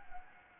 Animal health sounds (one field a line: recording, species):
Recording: mosquito wingbeat signal from an infrared sensor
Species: Anopheles gambiae